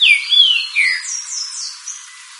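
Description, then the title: Green-winged saltator whistles: a few strong downslurred notes at the start, followed by fainter, higher sweeping notes that trail off. "Trinca Ferro Cantando"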